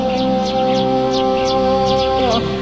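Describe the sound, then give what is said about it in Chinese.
Many birds chirp repeatedly in a grandmother's courtyard, with quick, high, downward-sweeping calls scattered throughout, layered over a steady, sustained droning tone. “这鸟还真是挺多的。”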